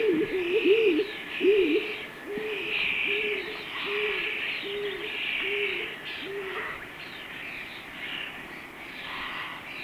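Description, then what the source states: Stock Dove coo series: muffled, low, arched notes repeated in a steady series, stopping after about seven seconds, while other birds call continuously higher up. Sweden.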